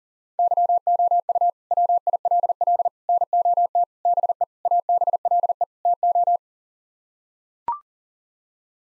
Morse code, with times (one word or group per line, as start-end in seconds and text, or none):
0.4-1.5 YOU
1.7-2.9 WILL
3.1-3.8 NOT
4.1-4.4 BE
4.7-5.6 ABLE
5.9-6.4 TO